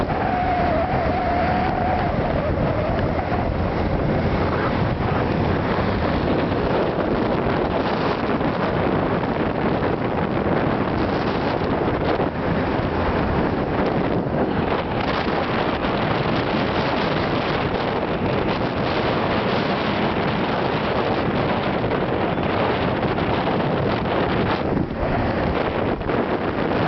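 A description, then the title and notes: A motorbike ride, heard as a dense, steady roar of wind buffeting the microphone over the engine's low drone, holding at one loud level for the whole stretch. A faint higher tone rises through the first two seconds, and brief gusts flicker past now and then. Motorbike ride from Quang Nam into Da Nang. Riding into Da Nang City from south of town. WOOHOO WIND SOUNDS.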